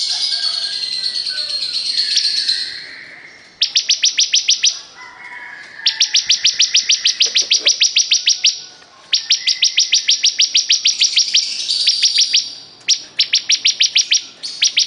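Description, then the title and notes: Bar-winged prinia song: long series of fast, evenly spaced high chips in runs of a few seconds, opening over a high hissing background. Singing vigorously ('gacor'). "Suara Burung Ciblek Gacor"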